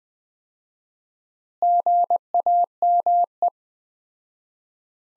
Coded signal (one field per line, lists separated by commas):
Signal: Morse code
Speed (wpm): 20 wpm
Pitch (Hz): 700 Hz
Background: none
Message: GAME